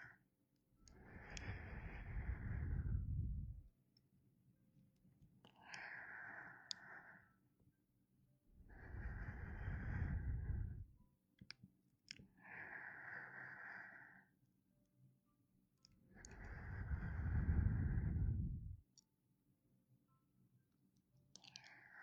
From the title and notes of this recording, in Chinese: 贴耳温热呼吸~ 亲亲你。